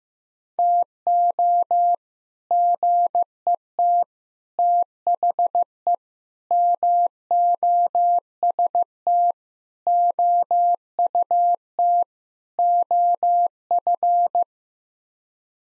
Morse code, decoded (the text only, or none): TO GET THE MOST OUT OF